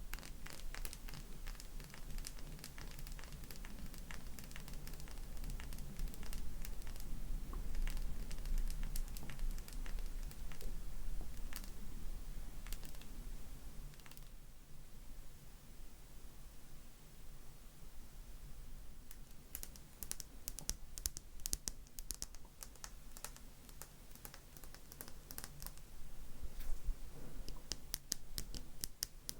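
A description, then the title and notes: Tapping sounds arrive in quick, irregular bursts of sharp clicks, dense over the first fourteen seconds and again from about nineteen seconds to the end. A quieter stretch sits between them. Under it all runs a steady low rumble. ASMRMystic 7 Tapping.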